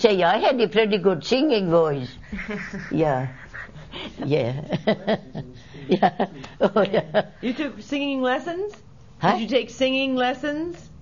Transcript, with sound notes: I have a pretty good singing voice, yeah. ( she laughs )
You took singing lessons?
Huh?
Did you take singing lessons?